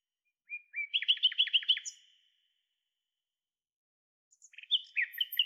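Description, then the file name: Common nightingale singing: a whistled lead-in note, then a fast rattling phrase of repeated notes, a silent gap, and a new varied phrase starting. "Luscinia megarhynchos"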